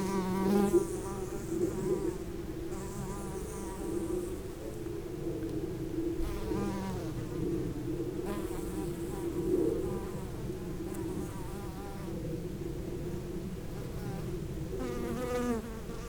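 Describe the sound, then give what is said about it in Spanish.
Steady, droning buzz of bumblebees, wasps and bees around a flowering poleo plant, a low hum layered with higher whining tones that swell and fade as insects move around, continuous for the whole stretch with no voices. “Le andan los abejorros.”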